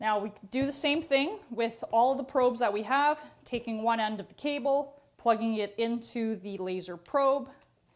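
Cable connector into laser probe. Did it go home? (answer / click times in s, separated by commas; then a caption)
no / none. A cable connector is being plugged by hand into a laser probe without force while someone talks throughout. The connector has not seated or clicked yet by the end of the clip.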